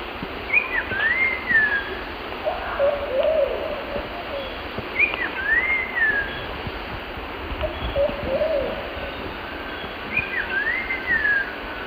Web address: S America Eastern Lowlands Saltator grossus, call